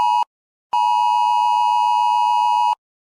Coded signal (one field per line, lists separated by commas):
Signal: Emergency Alert System (SAME) tones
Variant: 853 and 960 Hz attention tone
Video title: [Memphis] Exploding Phones EAS